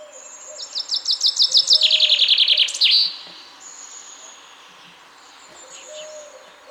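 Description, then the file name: Common chaffinch song: one bright series of trilled notes that steps down in pitch over about two and a half seconds and ends in a sharp flourish, followed by quieter background sounds. "Fringilla coelebs"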